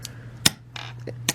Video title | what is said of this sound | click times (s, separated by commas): Honda Grom gets $20 under glow Lights! | and it locks in just like that. Boom. | 0.5 s, 1.3 s